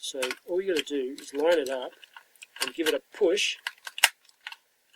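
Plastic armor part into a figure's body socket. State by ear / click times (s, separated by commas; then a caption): seated / 4.0 s. Someone talks while two squeezed-together plastic pegs of an armor add-on part are lined up and pushed into a socket on a collectible figure's body. After a few small ticks, a sharp click at 4.0 seconds marks the part seating as something inside locks it in place.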